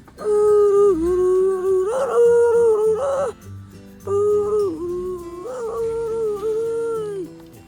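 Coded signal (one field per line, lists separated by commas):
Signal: whistled language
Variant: Khasi Jingrwai Lawbei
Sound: a hummed melodic tune in two phrases with small pitch steps and breathy accents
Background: small room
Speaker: and then long version is Okay,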